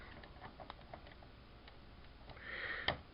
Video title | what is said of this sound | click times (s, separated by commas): Transformers Earthrise Thrust | and make sure it goes down all the way snaps into place | 2.9 s